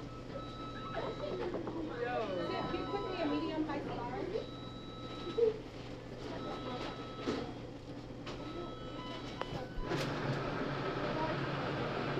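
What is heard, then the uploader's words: Voices murmur at a McDonald's in New York over a constant low hum, with thin steady tones repeating through the first half. A sharp click lands near five seconds, and a clatter at ten seconds gives way to busier, louder chatter. NYC sounds: McDonald's.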